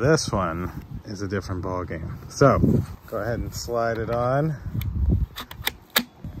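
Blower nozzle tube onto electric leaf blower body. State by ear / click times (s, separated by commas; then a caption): seated / 5.7 s, 6.0 s. Someone talks, then slides the blower nozzle tube onto the body of an Aoetree 150 MPH electric leaf blower. Sharp clicks sound at 5.7 s and 6.0 s as the tube locks into place.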